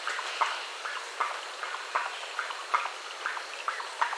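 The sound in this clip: Bird giving short tonal chirps repeated rapidly in an uneven rhythm, over a steady background hiss.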